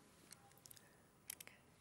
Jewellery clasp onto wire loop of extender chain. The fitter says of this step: can you see can you see that now it's can you see that it's now clipped on